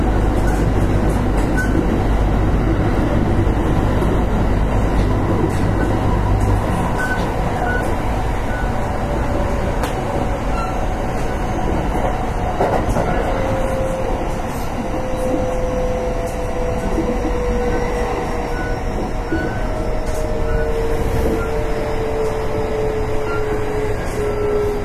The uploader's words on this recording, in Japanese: 近鉄5820系列 大阪線急行 八木から上本町まで。近畿日本鉄道 5820系電車の走行音です。大阪線の急行列車で録音しました。区間は 大和八木から大阪上本町までです。It is the sound of a motor.